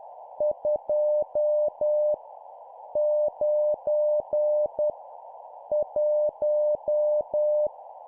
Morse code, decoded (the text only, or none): 2 9 1